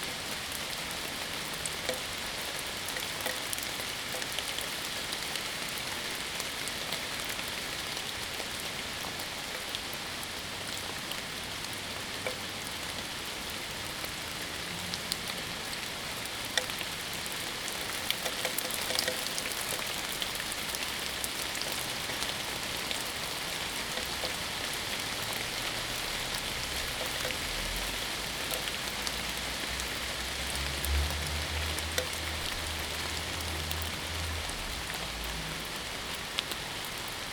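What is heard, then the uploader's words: Steady rain falls throughout, a dense hiss of drops on hard surfaces with crisp patter across the upper range. The level stays even, with a faint low rumble rising briefly around the thirtieth second. Rain, Northumberland Park.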